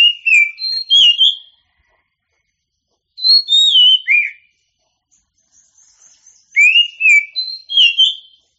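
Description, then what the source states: Oriental magpie-robin singing varied whistled phrases with rising and falling slurs, three bursts over eight seconds, with faint high twittering between them. Champion songbird.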